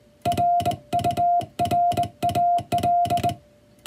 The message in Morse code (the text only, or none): RURAL